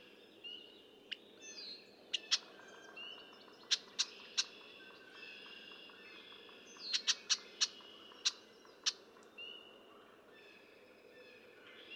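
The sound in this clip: Red-winged blackbird, sharp clicking chips scattered throughout, bunching into a rapid cluster near the middle.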